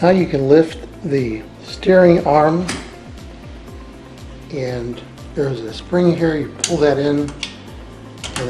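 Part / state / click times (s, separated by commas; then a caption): steering arm spring latch on a knee walker frame / seated / 8.4 s. Someone talks while lifting the steering arm on a KneeRover KC-06 steerable knee walker with tie-rod steering and pulling in its spring-loaded latch. A sharp snap at 8.4 s marks the latch locking into place.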